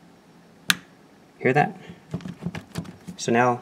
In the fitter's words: know you've seated it properly because when you turn it you should hear a little snap hear